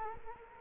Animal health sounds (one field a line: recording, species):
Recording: mosquito wingbeat signal from an infrared sensor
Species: Culex quinquefasciatus